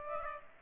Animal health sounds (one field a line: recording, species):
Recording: mosquito wingbeat signal from an infrared sensor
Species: Aedes aegypti